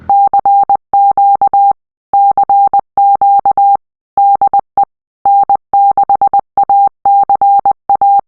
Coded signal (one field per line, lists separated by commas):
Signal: Morse code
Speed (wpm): 20 wpm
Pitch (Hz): 800 Hz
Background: none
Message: CQ CQ DE N6ACA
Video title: Ham Radio International Travel - DC to Daylight - Aaron N6ACA